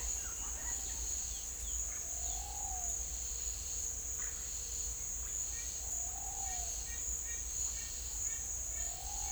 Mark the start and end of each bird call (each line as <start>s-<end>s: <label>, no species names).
1.77s-3.00s: bird call
5.43s-9.32s: bird call